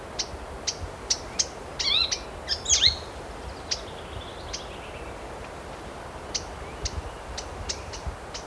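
Blue-capped ifrit calls: sharp, high, separate notes given at uneven intervals, with a brief cluster of quicker twittering chirps early on, over a steady background hiss.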